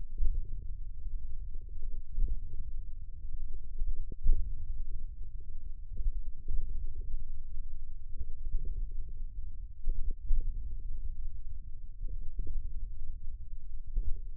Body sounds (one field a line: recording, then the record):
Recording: forearm muscle sounds (acoustic myography)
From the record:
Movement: hand opening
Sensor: system 1, eight BSWA MPA416 microphones around the upper forearm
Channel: 6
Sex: male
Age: 54 years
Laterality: right